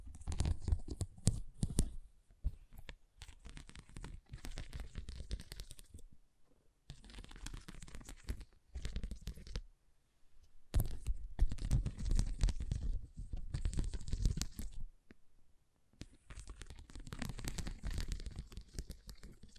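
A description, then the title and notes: Scratching and tracing strokes on a surface, coming in rough bursts of a second or two separated by brief silences. The strokes are dense and gritty, with a papery, tearing edge and occasional low thumps. ASMR Brain Tingling Scratching & Tracing (No Talking).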